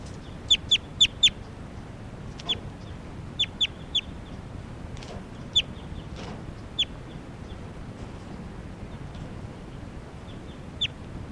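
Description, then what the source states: Crossbill calls: a quick run of four sharp high notes, then scattered single and paired chips spaced over several seconds, with faint background hiss. Newly captured bird number 387, recorded in test tape recordings on May 3rd at Sage Hen.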